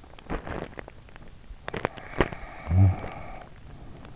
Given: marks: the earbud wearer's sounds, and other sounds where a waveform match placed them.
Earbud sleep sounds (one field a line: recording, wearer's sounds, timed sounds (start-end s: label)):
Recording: sounds in sleep by an in-ear microphone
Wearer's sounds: teeth grinding, snoring breath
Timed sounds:
0.05-2.58 s: teeth grinding
2.58-4.16 s: snoring breath